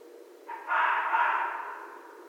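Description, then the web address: Red fox uttering a rough, stretched scream with a short lead-in, then a louder sustained cry that dies away. Recorded 14 January 2012. "sounds mammals Red Fox 2012 01 14 Red Fox"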